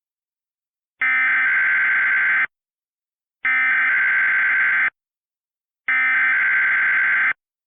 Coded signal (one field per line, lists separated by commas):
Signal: Emergency Alert System (SAME) tones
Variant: header bursts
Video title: *VALID TONES* Hurricane Ida EAS Compilation (EAS Remakes)